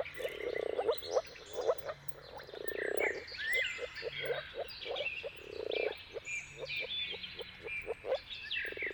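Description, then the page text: Moor frogs calling in low bubbling bursts that swell and fade every few seconds, with prominent bird whistles and trills above. Moor frogs in mating chorus at sunrise, at the turn of March and April depending on the weather. "Jakub-Orzecki moor frogs. Dawn’s Chorus: Mating Calls of Marsh Frogs at Sunrise. Depending on the weather at the turn of March and April, you can witness an amazing spectacle of moor frogs"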